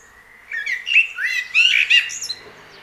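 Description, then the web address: Eurasian blackbird singing one mellow, slurred phrase of clear notes that finishes in a thin, high squeak. "SETE data Turdus merula"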